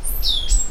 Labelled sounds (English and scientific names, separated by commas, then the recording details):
Stitchbird (Notiomystis cincta) song
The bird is a male
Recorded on Tiritiri Matangi Island, New Zealand, in 2005
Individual 10, of nest box 12